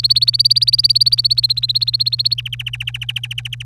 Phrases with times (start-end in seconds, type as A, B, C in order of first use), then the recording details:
0.00-2.34 A, 2.38-3.63 B. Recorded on 25 April 2018 at 05:52. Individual llb3